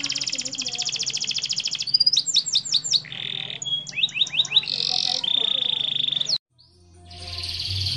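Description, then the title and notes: Canary song of trills, buzzy notes and quick slurs, cut by a brief silence near the end, with low background hum. Master canary song, described as solid (mantap). "Suara Burung Kenari Masteran. master suara burung kenari mantap"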